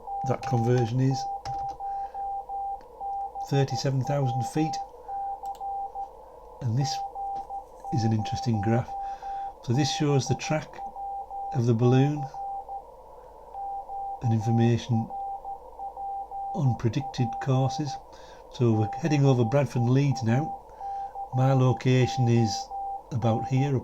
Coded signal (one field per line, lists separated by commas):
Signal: Morse code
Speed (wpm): 13 wpm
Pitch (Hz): 790 Hz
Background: speech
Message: G0BWC G0BWC QRPP BEACON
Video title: Tracking a Radio Beacon up into the Stratosphere!